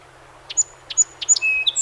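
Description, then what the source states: Song sparrow song beginning with three bright, evenly spaced introductory notes before a quick cluster of high whistles and chips. Recorded 7 June 2018; recording holds 21 songs.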